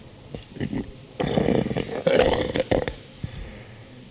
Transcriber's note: coughs up mucus